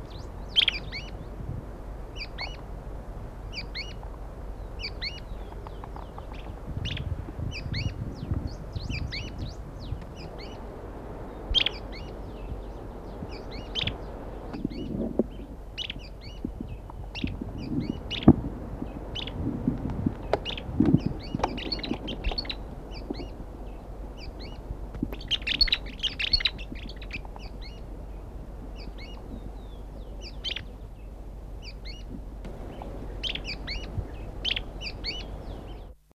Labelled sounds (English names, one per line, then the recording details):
Tawny-crowned Pygmy Tyrant call
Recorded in captivity
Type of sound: call
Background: Synallaxis frontalis
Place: El Palmar-Nationalpark, AR
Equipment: Halbspur, 9,5 cm/s
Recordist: Lütgens, Hans
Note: Sehr erregt, im Hintergrund zweisilbig Synallaxis frontalis